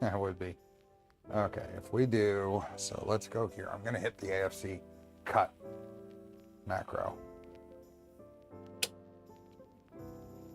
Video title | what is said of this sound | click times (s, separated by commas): Box Turtle, LDO Kit - Part 4 | it did the thing The Click you heard was the bonch gear um snapping into place | 8.8 s